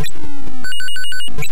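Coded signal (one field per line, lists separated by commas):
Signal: none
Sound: retro game sound effects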